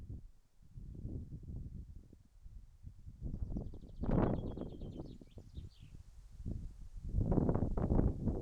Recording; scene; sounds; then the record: everyday scene through a hearing-aid microphone; wind on the microphone; wind, birds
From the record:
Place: in front of a rural house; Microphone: behind the ear, right, front